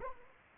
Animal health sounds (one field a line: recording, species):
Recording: mosquito wingbeat signal from an infrared sensor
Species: Anopheles arabiensis